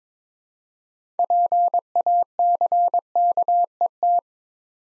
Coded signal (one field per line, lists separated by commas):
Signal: Morse code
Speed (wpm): 22 wpm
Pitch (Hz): 700 Hz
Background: none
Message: PACKET